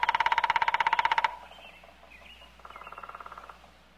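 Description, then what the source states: Woodpecker drumming, a fast resonant roll lasting just over a second, followed after a pause by a softer, shorter roll. Forest sounds.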